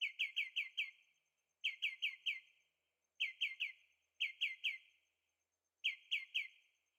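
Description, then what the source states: Bird song in quick bursts of four or five bright chirps, the bursts repeated several times with short silent gaps. Birds singing at night in Carefree, Arizona; recorded on a Zoom H6 with stereo microphones.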